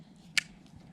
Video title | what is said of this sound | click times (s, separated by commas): Fire Safety! Plus Bauer Chainsaw Unboxing - Willow's Vintage Homestead #23 | um it's a lock back oops come on get in there there we go clicks into place it's a lock back | 0.4 s